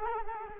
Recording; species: mosquito wingbeat signal from an infrared sensor; Culex quinquefasciatus